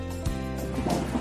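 Rapid, rhythmic whooshing pulses over a steady low hum, recurring about every third of a second. This is a preborn baby's heartbeat picked up by a Doppler monitor, with its fast galloping rhythm.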